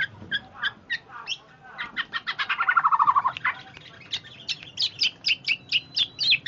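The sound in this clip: Bird calls in quick chirping series, a rapid run of notes falling in pitch midway, then a series of sharp high repeated chirps.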